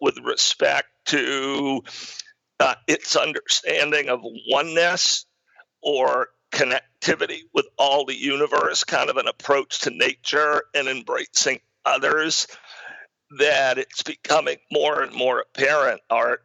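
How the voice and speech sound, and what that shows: Adult male speech with choppy voicing, frequent breaks and a strained, rough quality, from a rare acquired voice disorder.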